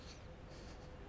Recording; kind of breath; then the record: one breath in and out by a microphone near the nose and mouth; strong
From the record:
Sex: male